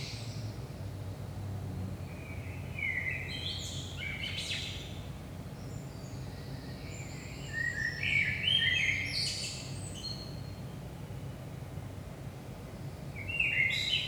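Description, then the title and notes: Common blackbird singing fluting warbled phrases that end in high squeaky twitters, with pauses between phrases, over a steady low hum of background noise. Blackbird at 5 am, early morning, in Saint-Gilles, Belgium; recorded with DPA 4060 microphones in AB position into a Zoom F3. "Saint-Gilles, Belgique - 5am Blackbird. Blackbird in the morning. Merle au petit matin"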